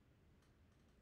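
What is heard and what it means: A DDR memory stick is aligned by its notch and gently slid into motherboard DIMM slot two or four, with faint, quiet handling noise and a sudden loud burst at the very end, at 1.1 s. Nothing has seated or clicked into place yet.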